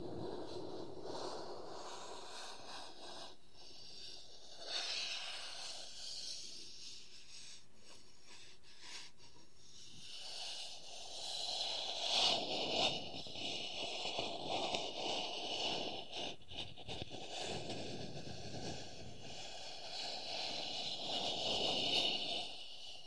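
Wooden objects are scratched and tapped in a dense, uneven stream of rough scraping with short knocks scattered throughout. The sound swells around five seconds and grows busier and louder from about twelve seconds on, with sharper hits near the end.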